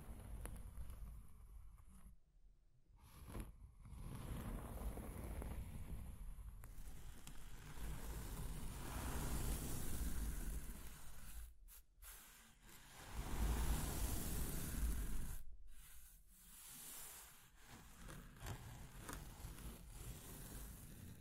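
Rough scratching and tracing sounds rasp on and off, with strokes swelling and fading and brief silent gaps near 2, 12 and 15 seconds.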